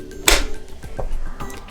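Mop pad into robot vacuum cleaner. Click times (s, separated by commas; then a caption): 0.3 s. A mop pad with its cloth already attached is pushed into the underside of a Xiaomi Viomi SE robot vacuum cleaner. It clicks into place with a sharp, loud hit at 0.3 s, followed by quieter taps and handling noise, and the pad is seated.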